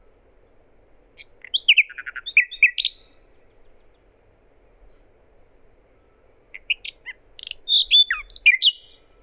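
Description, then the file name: Common nightingale song: two phrases, each opening with a thin high whistle followed by a jumble of sharp chirps and slurred notes. "Luscinia megarhynchos"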